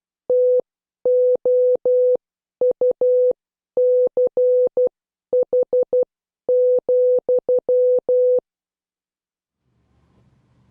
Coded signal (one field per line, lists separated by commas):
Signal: Morse code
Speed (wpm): 12 wpm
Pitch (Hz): 500 Hz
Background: none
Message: TOUCH,